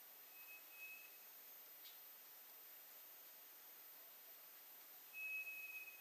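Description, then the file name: White's thrush song of long, pure whistled notes, one early and one after a four-second gap, each held steady in pitch, over quiet hiss. Recorded on 2 July 2007. "toratugumi-20070702"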